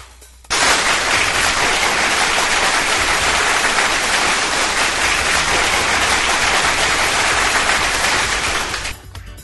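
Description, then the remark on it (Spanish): A burst of loud, dense applause for a contestant who has just won a point starts abruptly and holds steady for about eight seconds, a crackling wash of many hands clapping, before cutting off near the end. “Un fuerte aplauso.”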